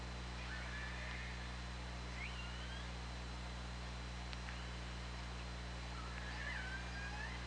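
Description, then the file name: Killer whale calls: several short warbling, upward-curving squeals spread throughout, plus a brief click, over a steady low hum and background hiss. OrcaLab hydrophone, 24 August 2017. "Orca Lab UTLN JASON 20170824 203547"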